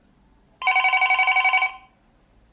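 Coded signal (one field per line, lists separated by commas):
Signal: none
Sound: a telephone ringing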